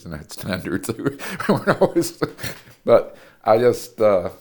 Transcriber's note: laughter